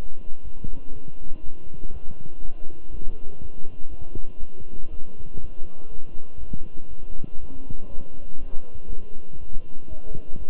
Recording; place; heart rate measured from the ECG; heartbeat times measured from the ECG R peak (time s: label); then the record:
heart sounds by stethoscope; between the tricuspid and mitral areas; 121 bpm
0.43 s: heartbeat
0.92 s: heartbeat
1.42 s: heartbeat
1.92 s: heartbeat
2.41 s: heartbeat
2.90 s: heartbeat
3.40 s: heartbeat
3.90 s: heartbeat
4.39 s: heartbeat
4.90 s: heartbeat
5.40 s: heartbeat
5.90 s: heartbeat
6.39 s: heartbeat
6.89 s: heartbeat
7.39 s: heartbeat
7.89 s: heartbeat
8.39 s: heartbeat
8.89 s: heartbeat
9.39 s: heartbeat
9.89 s: heartbeat
10.38 s: heartbeat
From the record:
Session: walking at 3.7 km/h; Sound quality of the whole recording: good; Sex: male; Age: 23 years